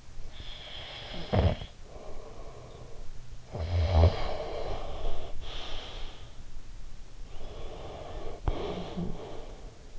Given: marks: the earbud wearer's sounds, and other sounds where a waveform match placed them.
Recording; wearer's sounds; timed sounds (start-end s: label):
sounds in sleep by an in-ear microphone; snoring breath, breath
0.00-6.39 s: snoring breath
7.30-9.97 s: breath